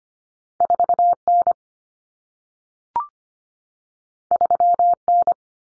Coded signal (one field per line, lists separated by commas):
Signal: Morse code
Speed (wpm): 25 wpm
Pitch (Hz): 700 Hz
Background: none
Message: 4N 3N